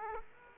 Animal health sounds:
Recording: mosquito wingbeat signal from an infrared sensor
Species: Aedes aegypti

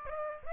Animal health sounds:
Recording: mosquito wingbeat signal from an infrared sensor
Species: Aedes aegypti

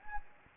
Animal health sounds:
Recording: mosquito wingbeat signal from an infrared sensor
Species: Anopheles gambiae

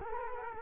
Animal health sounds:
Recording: mosquito wingbeat signal from an infrared sensor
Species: Culex quinquefasciatus

